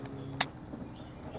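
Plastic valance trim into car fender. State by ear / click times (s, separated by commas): seated / 0.4 s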